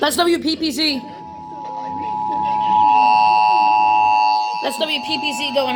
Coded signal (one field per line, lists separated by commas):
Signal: Emergency Alert System (SAME) tones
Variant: 853 and 960 Hz attention tone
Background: speech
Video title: Home State Testing | EAS's #863-867